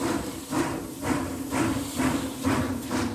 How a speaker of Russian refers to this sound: Час спустя все сидят в поезде. Старый паровоз дергается и дрожит сердито пыхтя. Он катает пассажиров от одной станции к другой.